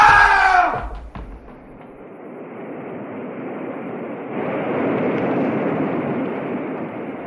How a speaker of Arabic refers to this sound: شاطئ البحر هادئ مقفر، يخيم عليه صمت لا يعكره سوى صوت الأمواج يتعالى من الأغوار رتيبا مبهما.